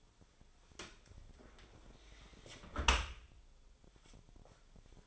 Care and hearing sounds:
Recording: daily activity, microphone in the room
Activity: close dishwasher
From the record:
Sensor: 5

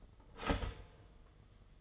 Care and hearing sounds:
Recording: daily activity, microphone in the room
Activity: start toaster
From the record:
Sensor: 4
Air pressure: 1015.5 hPa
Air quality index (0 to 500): 199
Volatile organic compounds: 10 ppm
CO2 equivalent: 2226 ppm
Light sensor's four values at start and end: 4/8/3/2 and 4/8/3/2

